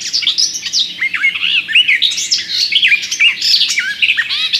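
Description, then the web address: Garden warbler song, a continuous rapid warble of varied chirpy, slurred notes running without pause throughout. "Przyroda Ptaki Gajówka"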